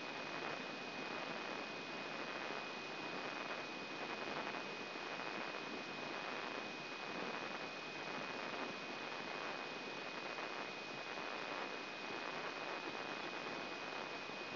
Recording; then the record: brain microelectrode recording played as sound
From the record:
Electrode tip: inside the subthalamic nucleus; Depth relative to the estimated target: 0 mm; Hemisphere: left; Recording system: AlphaMap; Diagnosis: Parkinson's disease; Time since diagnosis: 7 years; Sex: female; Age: 56 years